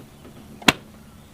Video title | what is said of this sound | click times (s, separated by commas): Reacting to Scotty Giving More bad advice, as well as attempting to Run down Legit Shops! | now it's snapped in place and it won't fall off | 0.7 s